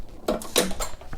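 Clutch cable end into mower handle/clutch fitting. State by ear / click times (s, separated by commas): not seated / none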